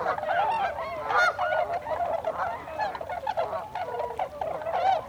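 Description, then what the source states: Tundra swan flock hooting, wavering and slurred honks layered over one another, a few sharper higher calls among the steady chorus. Several tundra swans recorded on 26 December 2020.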